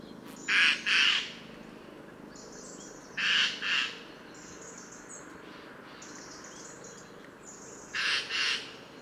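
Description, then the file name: Eurasian jay giving harsh, rasping screeches in pairs, three double calls spread over nine seconds, with faint high bird notes between them. "Garrulus glandarius"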